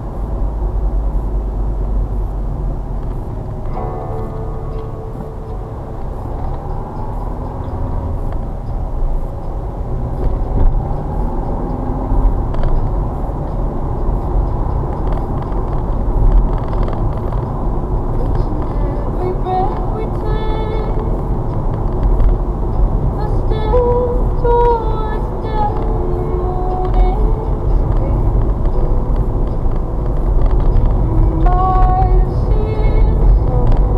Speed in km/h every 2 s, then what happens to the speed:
31, 24, 16, 19, 21, 34, 40, 44, 45, 44, 44, 45, 44, 45, 45, 44, 45.
0-5 slows to 16. 5-14 speeds up to 44. 14-34 steady at about 44.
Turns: none.